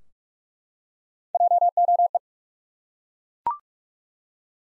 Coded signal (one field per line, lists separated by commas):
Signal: Morse code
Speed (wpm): 42 wpm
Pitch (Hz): 700 Hz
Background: none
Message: JOE